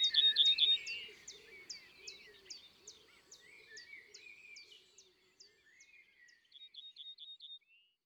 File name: Bruant ortolan Concerts Naturels de la Drome Studio les Trois Becs